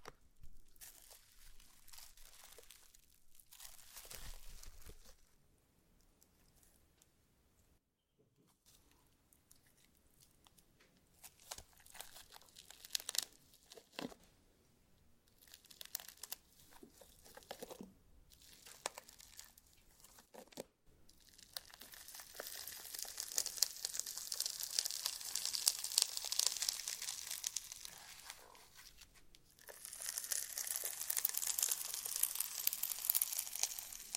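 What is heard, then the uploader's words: Slime being handled, with bursts of crinkling, crunchy squishes and sticky tearing sounds. The sounds come in irregular clusters with short quiet gaps, then a denser, bright hissing crackle swells from about 22 to 28 seconds and again near the end. ASMR SLIME! 5 Satisfying Slimes For Sleep (No Talking).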